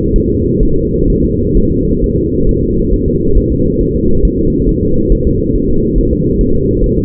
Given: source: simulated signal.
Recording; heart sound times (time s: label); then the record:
fetal heart sounds
0.16 s: S1
0.30 s: S2
0.63 s: S1
0.77 s: S2
1.10 s: S1
1.25 s: S2
1.57 s: S1
1.72 s: S2
2.04 s: S1
2.18 s: S2
2.49 s: S1
2.63 s: S2
2.94 s: S1
3.08 s: S2
3.38 s: S1
3.52 s: S2
3.81 s: S1
3.96 s: S2
4.25 s: S1
4.39 s: S2
4.69 s: S1
4.83 s: S2
5.12 s: S1
5.27 s: S2
5.56 s: S1
5.70 s: S2
5.99 s: S1
6.13 s: S2
6.41 s: S1
6.55 s: S2
6.84 s: S1
6.98 s: S2
From the record:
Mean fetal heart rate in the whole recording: 135 bpm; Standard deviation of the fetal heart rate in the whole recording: 3 bpm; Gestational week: 36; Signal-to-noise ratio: -16.4 dB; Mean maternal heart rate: 72 bpm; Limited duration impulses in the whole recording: present